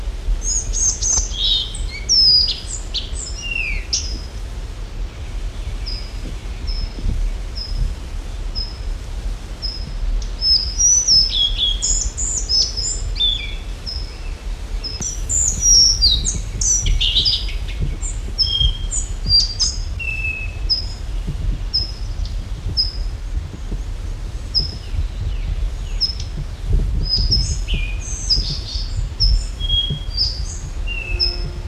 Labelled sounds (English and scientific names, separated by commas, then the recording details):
Collared Flycatcher (Ficedula albicollis)
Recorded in the wild
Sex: diverse
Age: adult
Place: Kohfidisch, Burgenland, AT
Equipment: Halbspur, 9,5 cm/s
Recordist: Lütgens, Hans